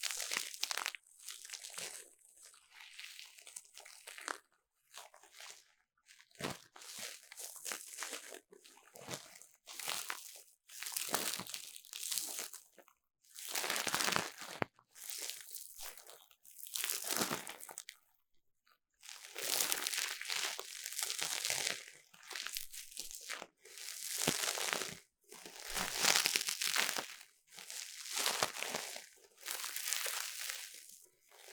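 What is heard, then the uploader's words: Ear cleaning made of crackly, crinkling scratches that come in bursts lasting a second or two, separated by brief silences. The sound is bright and hissy with little low end, and the rhythm continues unevenly through the whole stretch, growing denser and longer after about twenty seconds. ASMR 3Dio 耳掃除 귀 청소 | Ear Cleaning | No Talking.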